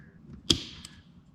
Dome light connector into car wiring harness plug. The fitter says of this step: way goes in but it just snaps into place like that plug it back into the connector so